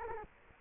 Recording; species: mosquito wingbeat signal from an infrared sensor; Culex quinquefasciatus